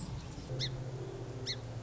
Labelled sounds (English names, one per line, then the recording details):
Song Sparrow
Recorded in Sonoma County, California